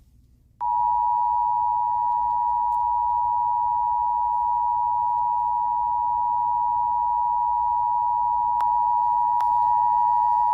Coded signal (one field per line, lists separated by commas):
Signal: Emergency Alert System (SAME) tones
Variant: 853 and 960 Hz attention tone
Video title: Eas special marine warning in Hawaii Eas#402